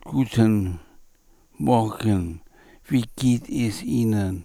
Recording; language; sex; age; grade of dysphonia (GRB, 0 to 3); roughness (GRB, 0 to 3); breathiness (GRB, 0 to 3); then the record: spoken sentence; German; male; 60 to 69 years; 1; 1; 1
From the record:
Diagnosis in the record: dysarthrophonia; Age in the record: 66 years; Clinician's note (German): Restsymptomatik bei zentral laryngaler Bewegungsstörung